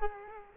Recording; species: mosquito wingbeat signal from an infrared sensor; Culex quinquefasciatus